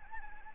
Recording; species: mosquito wingbeat signal from an infrared sensor; Anopheles gambiae